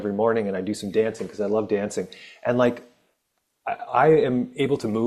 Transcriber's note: none